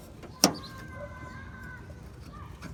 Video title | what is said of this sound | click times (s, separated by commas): How To Replace Fuel Filter Replacement Part # FF686DL On 97-2003 Ford F-150 Expedition | your new filter snap it in the retainer and | 0.4 s